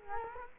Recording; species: mosquito wingbeat signal from an infrared sensor; Culex quinquefasciatus